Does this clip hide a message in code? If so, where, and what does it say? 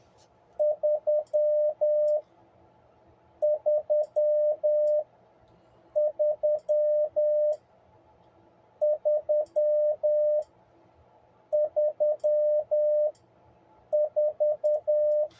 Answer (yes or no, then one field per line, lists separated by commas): yes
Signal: Morse code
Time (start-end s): 0.6-15.2 s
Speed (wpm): 10 wpm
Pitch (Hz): 600 Hz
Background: none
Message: 3 3 3 3 3 4